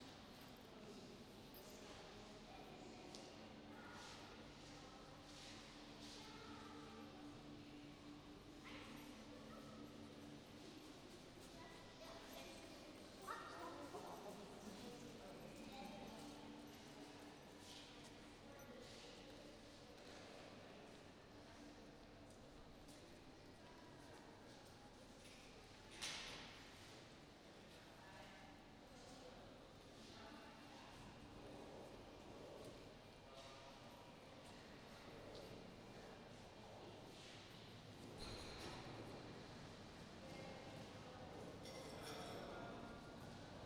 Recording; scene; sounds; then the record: everyday scene through a hearing-aid microphone; reverberant space; background noise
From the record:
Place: railway station hall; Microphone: in the ear canal, right